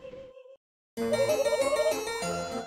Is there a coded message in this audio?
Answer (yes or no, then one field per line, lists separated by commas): no